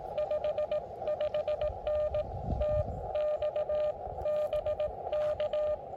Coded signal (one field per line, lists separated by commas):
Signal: Morse code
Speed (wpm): 21 wpm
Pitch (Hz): 590 Hz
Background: none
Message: 55N TX BK